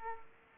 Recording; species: mosquito wingbeat signal from an infrared sensor; Aedes aegypti